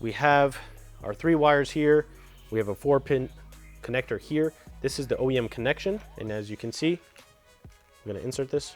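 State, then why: Not seated. A three-wire headlight lead is held up to the four-pin OEM headlight connector on a motorcycle as someone talks over background music. Nothing has seated or clicked yet; the clip ends just before the lead goes home.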